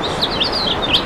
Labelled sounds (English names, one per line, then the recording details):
House Finch song
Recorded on Long Island, New York, on 26 June 2012
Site BW
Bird A